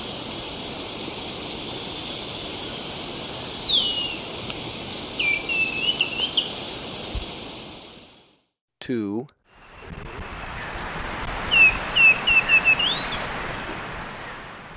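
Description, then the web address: Black-and-white becard song: two phrases of short, clear, slightly falling whistled notes, several seconds apart, over a steady high background drone. Ecuador. "Natures Songs S America Birds of Ecuador. Black-and-White becard"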